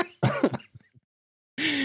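One short, rough, voiced throat clear from an adult man, then a brief voiced sound; a lingering throat irritation that came on suddenly after returning from Paris, possibly allergy combined with Covid.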